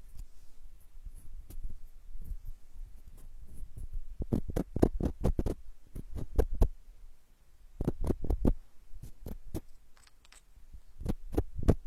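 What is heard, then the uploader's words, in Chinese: Macadamia nuts crack and click in sharp, dry snaps over a low, soft rumble. The first few seconds are quieter and scattered, then bursts of loud cracks come in quick clusters around four to six seconds, near eight to nine, and again at the end. 夏威夷坚果好听的声音。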